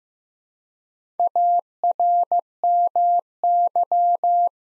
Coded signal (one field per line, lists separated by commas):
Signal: Morse code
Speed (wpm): 15 wpm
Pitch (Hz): 700 Hz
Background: none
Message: ARMY